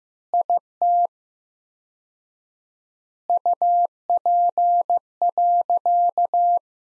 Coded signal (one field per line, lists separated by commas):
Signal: Morse code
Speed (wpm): 15 wpm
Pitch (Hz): 700 Hz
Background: none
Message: IT UP.